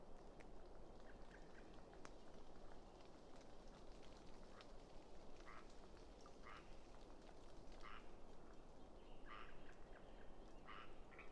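A late spring afternoon among aspens beside a flooded meadow: a steady, dense low rush fills the whole clip without letting up. From about five seconds on, short croaking, quack-like calls repeat roughly every second and a half, with faint chirps scattered throughout.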